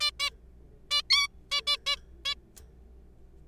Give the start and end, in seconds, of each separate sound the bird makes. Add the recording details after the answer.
0.01-0.11, 0.20-0.30, 0.91-1.01, 1.10-1.28, 1.51-1.61, 1.67-1.77, 1.87-1.96, 2.25-2.35. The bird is a juvenile. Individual R3428